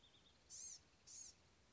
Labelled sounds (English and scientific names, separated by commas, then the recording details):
Blue-gray Gnatcatcher (Polioptila caerulea)
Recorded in Sonoma County, California